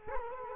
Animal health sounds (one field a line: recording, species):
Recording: mosquito wingbeat signal from an infrared sensor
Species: Culex quinquefasciatus